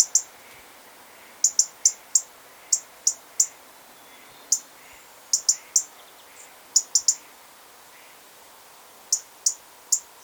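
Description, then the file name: European robin call notes: crisp high-pitched ticks, often doubled or tripled in quick succession, repeated irregularly throughout, with soft hiss behind. "Erithacus rubecula"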